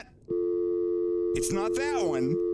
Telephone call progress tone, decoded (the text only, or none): dial tone